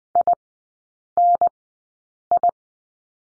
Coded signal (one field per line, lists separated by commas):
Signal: Morse code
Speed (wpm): 20 wpm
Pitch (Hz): 700 Hz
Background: none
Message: INI